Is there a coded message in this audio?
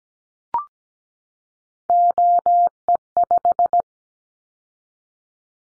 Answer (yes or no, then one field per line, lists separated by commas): yes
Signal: Morse code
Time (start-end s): 1.9-3.8 s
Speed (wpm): 17 wpm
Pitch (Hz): 700 Hz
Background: none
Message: OE5